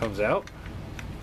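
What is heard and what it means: Someone talks while handling the plastic wheel assembly of a transforming robot toy, working it out toward the cab section it fits into. Faint handling ticks are heard at about 0.7 and 1.0 seconds. Nothing has seated or clicked into place yet.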